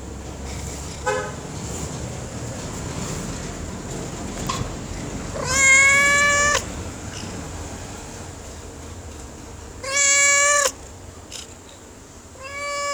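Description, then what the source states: Domestic cat meowing repeatedly: a faint short meow, then two loud, long, level meows several seconds apart, and another starting at the end, over a constant high whine. Neighbour's cat meowing, recorded 3 June 2017 at 15:49 on a mobile phone, mono wav, at latitude -12.608621, longitude -38.960005.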